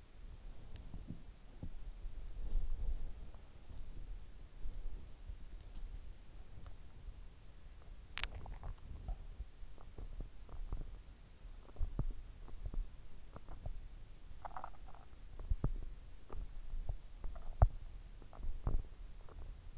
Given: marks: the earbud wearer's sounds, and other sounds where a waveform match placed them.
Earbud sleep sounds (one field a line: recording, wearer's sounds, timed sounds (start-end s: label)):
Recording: sounds in sleep by an in-ear microphone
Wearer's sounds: body movement, swallowing, teeth grinding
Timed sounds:
0.00-7.08 s: body movement
7.97-9.56 s: swallowing
9.56-19.78 s: teeth grinding